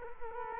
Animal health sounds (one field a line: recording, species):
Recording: mosquito wingbeat signal from an infrared sensor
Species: Culex quinquefasciatus